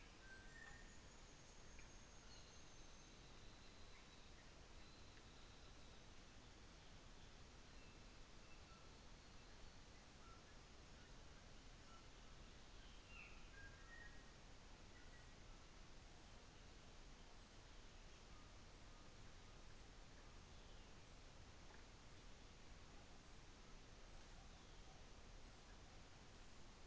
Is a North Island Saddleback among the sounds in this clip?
yes